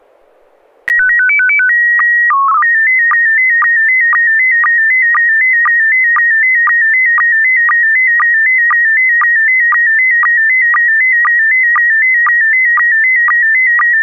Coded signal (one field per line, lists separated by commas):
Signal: SSTV (slow-scan television)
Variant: PD 120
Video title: N6NA SSTV Net - 05/25/2022